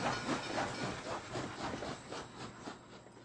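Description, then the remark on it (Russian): A train rolls steadily along the rails across the steppe, a broad rumbling hiss with a regular clacking rhythm pulsing a few times a second, moderately loud and without any voices. “Мои мысли были так горьки, что мне казалось, что я мыслил вслух, что стон телеграфа и шум поезда передают мои мысли.”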